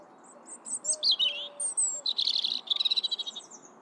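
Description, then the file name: European robin song of descending whistles followed by a fast, buzzy rattle of repeated notes, with soft lower whistles in the background. "Erithacus rubecula"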